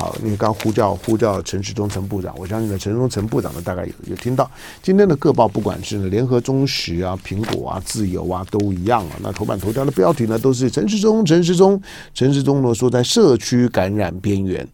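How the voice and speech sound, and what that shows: An adult man gives Mandarin news commentary, repeating words and names and showing mild phrase-repetition stuttering. He has stuttered since childhood. The stutter was once severe and is now milder but still present.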